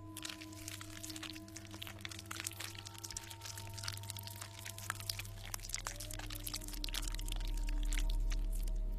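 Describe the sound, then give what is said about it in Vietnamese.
Wet smacking and squelching chewing noises, a rapid irregular run of sharp clicky smacks over a steady low hum that swells louder toward the end, coming from a house at the end of a dark lane. “Quả nhiên là có tiếng nhóp nha nhóp nhép vang lên đâu đó.”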